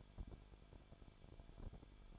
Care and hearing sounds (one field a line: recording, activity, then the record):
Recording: daily activity, microphone in the room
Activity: no activity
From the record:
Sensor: 5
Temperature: 20.4 degrees Celsius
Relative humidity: 39.7%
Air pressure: 1010.8 hPa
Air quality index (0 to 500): 165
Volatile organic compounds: 15 ppm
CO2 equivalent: 2491 ppm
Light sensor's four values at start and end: 2/3/1/1 and 2/3/1/1